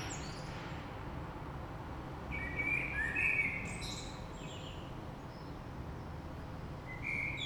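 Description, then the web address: Common blackbird song: one soft warbled phrase midway with a high twittery ending, then a brief note near the end, over constant low hum. Recorded 3 March 2020. "oiseaux Rush Merle 3-3-2020"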